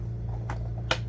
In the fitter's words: until you hear a click there